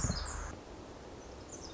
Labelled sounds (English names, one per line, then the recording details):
Pacific Wren
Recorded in Sonoma County, California